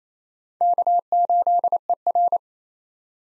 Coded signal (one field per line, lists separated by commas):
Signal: Morse code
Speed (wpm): 27 wpm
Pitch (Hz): 700 Hz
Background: none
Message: K8ER